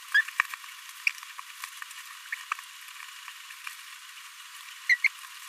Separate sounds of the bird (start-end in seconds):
2.32-2.35, 4.89-4.95, 5.04-5.07